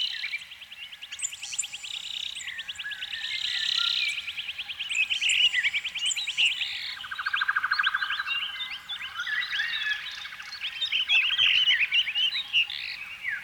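Canary song built from long, rapid rolling trills that shift in pitch, followed by a busy stretch of sharp chirps and twittered notes.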